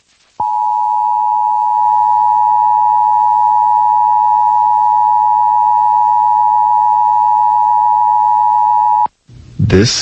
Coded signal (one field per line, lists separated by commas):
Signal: Emergency Alert System (SAME) tones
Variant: 853 and 960 Hz attention tone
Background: speech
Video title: National EAS Test in PA